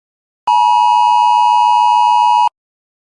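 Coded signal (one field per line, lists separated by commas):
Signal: Emergency Alert System (SAME) tones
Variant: 853 and 960 Hz attention tone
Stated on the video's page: Fictional EAS scenario, not a real event.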